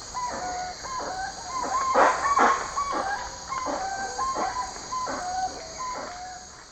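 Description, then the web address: Spix's guan calling in rapid hoarse honks, repeated quickly and loudest about two seconds in. Eastern Lowlands of South America. "Natures Songs S America Eastern Lowlands. Spix's Guan"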